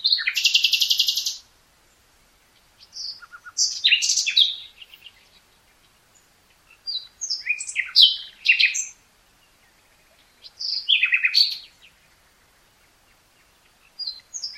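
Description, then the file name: Common nightingale song in varied phrases, a rich buzzy trill first, then whistles and chattering notes separated by short pauses. "Luscinia megarhynchos"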